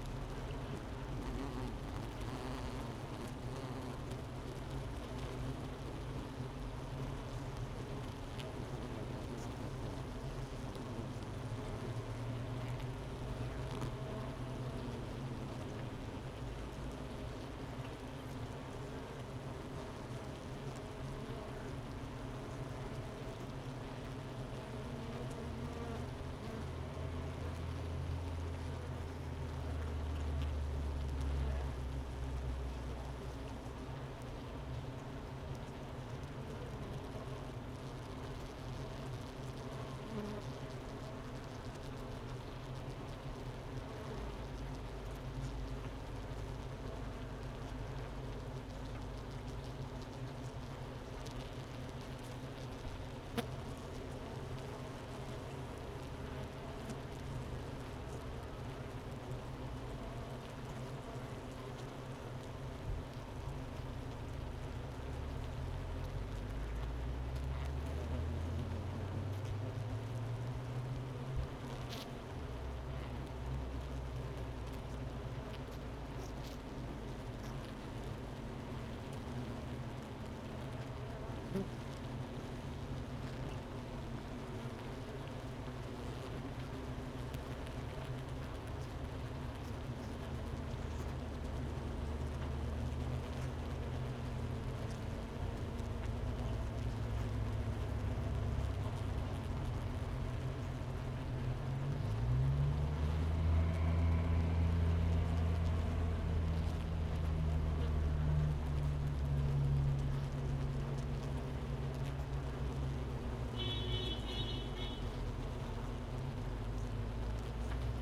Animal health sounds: honeybee colony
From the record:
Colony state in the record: missing queen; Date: 31 May 2018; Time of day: 11:05

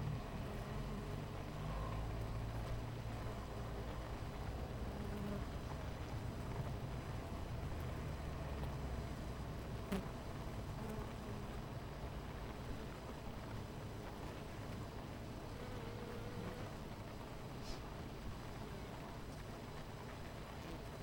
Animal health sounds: honeybee colony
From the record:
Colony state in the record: missing queen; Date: 14 July 2017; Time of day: 10:28

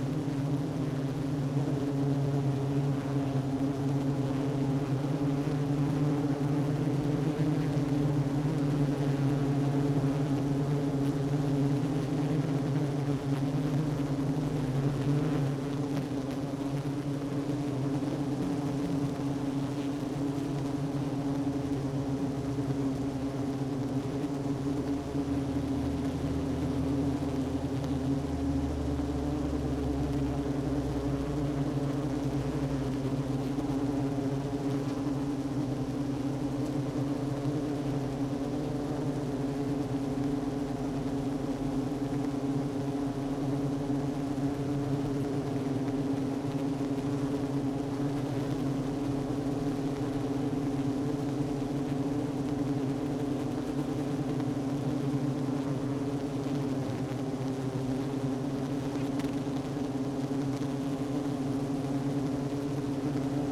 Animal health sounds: honeybee colony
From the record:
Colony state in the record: active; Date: 12 June 2018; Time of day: 10:15

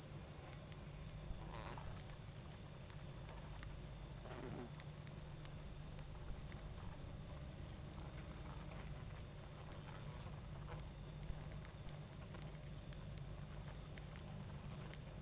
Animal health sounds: honeybee colony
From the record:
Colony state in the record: active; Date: 28 July 2017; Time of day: 21:13

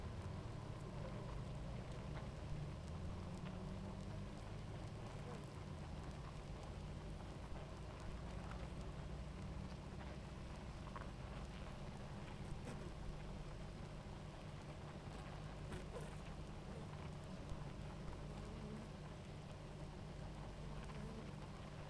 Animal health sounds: honeybee colony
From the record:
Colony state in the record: active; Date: 28 July 2017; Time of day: 18:00

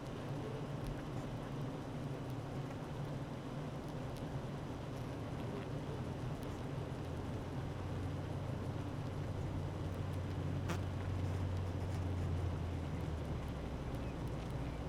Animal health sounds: honeybee colony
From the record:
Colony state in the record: active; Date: 12 June 2018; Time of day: 9:04

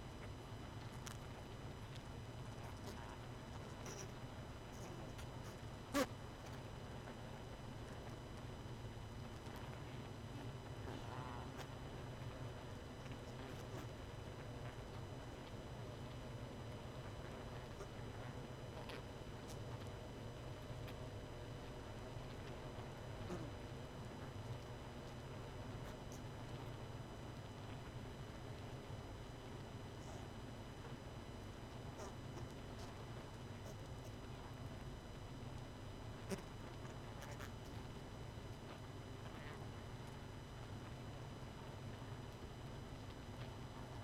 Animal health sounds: honeybee colony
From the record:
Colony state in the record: missing queen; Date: 31 May 2018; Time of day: 20:14

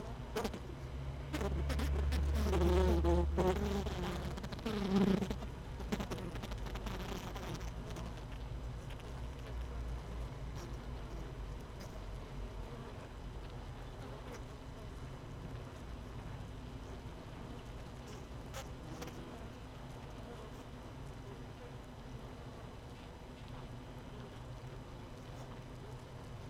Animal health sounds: honeybee colony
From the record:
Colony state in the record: missing queen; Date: 31 May 2018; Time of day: 17:38

